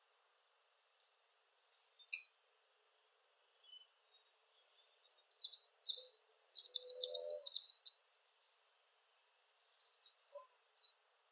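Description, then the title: Palm tanager twittering, a few separate high chips at first, then a sustained rapid squeaky twitter that runs on to the end. "Sanhaçu-do-coqueiro (Tangara palmarum)"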